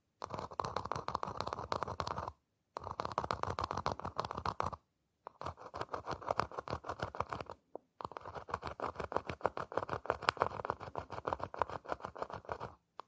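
Rapid scratching on boxes and hollow objects comes in four dense bursts, each lasting two to five seconds, with short silent gaps at roughly 2.5, 5 and 7.8 seconds. The strokes are fast and gritty, with a hollow, resonant body beneath them.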